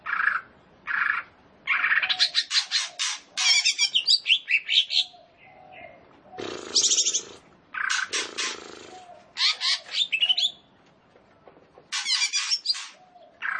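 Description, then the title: Leafbird pouring out a long, varied song of buzzy chatters, rattles and sliding whistles, with several short silent gaps between bursts. Described as gacor. "Cucak Ijo Gacor"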